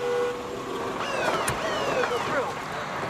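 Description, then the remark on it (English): Cars drive past on Archwood, a residential street, in a steady wash of engine and road noise, with a brief horn-like toot midway and indistinct voices mixed underneath. “Looks like maybe he's trying to force someone to stop, but the cars are going around him.”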